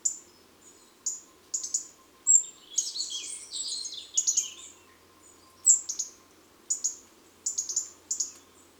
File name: Rougegorge familier